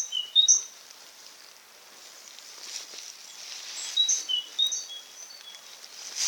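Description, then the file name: Great tit song: scattered high whistled notes alternating between two pitches, a short burst at the start and another later, against steady background hiss. "Parus major"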